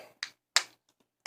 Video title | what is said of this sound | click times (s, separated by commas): ZTE Warp 7 Review (Boost Mobile) | so here does pop off and it | 0.6 s